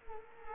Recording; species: mosquito wingbeat signal from an infrared sensor; Culex quinquefasciatus